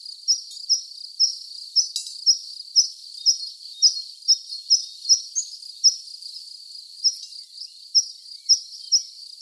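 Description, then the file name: Tree pipit song: a long series of high, thin notes repeated at an even pace, with a brief break near the end. Recorded at Kranzegg on 13 June 2013. "Baumpieper. Kranzegg OA. Kilian Weixler"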